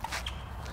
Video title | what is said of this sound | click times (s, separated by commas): Vespa P200 Restoration - PART 3 - Engine/Fork/Controls Installation | you can kind of pull that in and you can kind of feel it click into place. | 0.0 s, 0.3 s